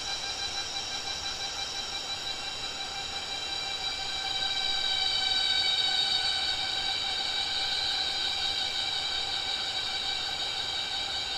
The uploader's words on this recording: Evening concert of Pomponia Imperatoria cicada. These very noisy sawmill-like cicadas sings always at 6 pm, therefore they are named "six o'clock cicada". Recorded close to the river, in the Sumatra jungle (Ketambe, Aceh region). Sony PCM D50, Rode NT4. Sumatra jungle: Cicada Pomponia Imperatoria.